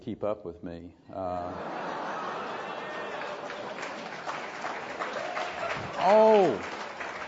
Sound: laughter, applause